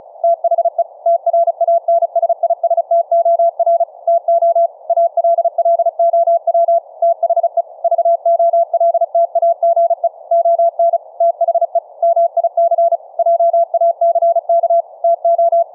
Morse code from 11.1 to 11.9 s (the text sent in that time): THE